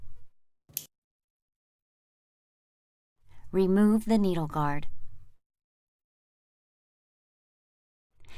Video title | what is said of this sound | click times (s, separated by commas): Animas Pump DVD 2017 | load the insertion device by pressing the lined indentations on each side and pulling the spring up until you hear a click | 0.8 s